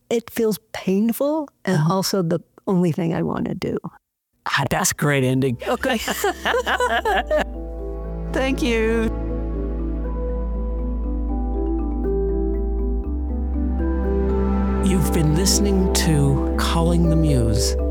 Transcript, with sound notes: It feels painful and also the only thing I want to do.
That’s a great ending. Okay. (they both laugh.) Thank you. You’ve been listening to Calling the Muse,